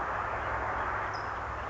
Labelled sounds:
California Towhee (Melozone crissalis)
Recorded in Sonoma County, California

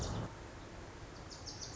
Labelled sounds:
Wilson's Warbler (Cardellina pusilla)
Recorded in Sonoma County, California

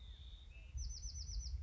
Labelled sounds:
California Quail (Callipepla californica)
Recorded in Sonoma County, California

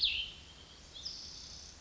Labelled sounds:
Cassin's Vireo (Vireo cassinii)
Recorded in Sonoma County, California

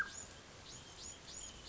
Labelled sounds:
Bewick's Wren (Thryomanes bewickii)
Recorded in Sonoma County, California

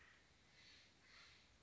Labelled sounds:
Acorn Woodpecker (Melanerpes formicivorus)
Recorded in Sonoma County, California

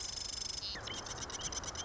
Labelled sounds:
Marsh Wren (Cistothorus palustris)
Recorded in Sonoma County, California

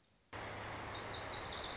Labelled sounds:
Lazuli Bunting (Passerina amoena)
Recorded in Sonoma County, California

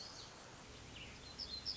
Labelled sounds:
Black-throated Gray Warbler (Setophaga nigrescens)
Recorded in Sonoma County, California

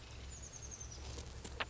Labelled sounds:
Oak Titmouse (Baeolophus inornatus)
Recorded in Sonoma County, California

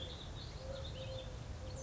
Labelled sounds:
Eurasian Collared Dove (Streptopelia decaocto)
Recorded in Sonoma County, California

